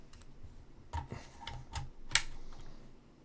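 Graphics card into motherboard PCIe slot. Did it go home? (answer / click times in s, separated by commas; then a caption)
yes / 2.1 s. A graphics card is pushed down into the PCIe x16 slot of a Z790 ROG Strix motherboard, with a few soft knocks and scrapes as it is lined up. A sharp click at 2.2 s marks the slot latch locking, and the card stays installed and locked in place.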